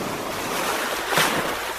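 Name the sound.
ocean waves crashing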